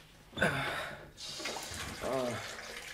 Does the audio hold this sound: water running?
yes